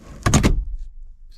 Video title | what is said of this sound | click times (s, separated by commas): 2016-2018 Lincoln MKX curtain airbag removal and reinstallation | listen to the magnets click when they get close | 0.3 s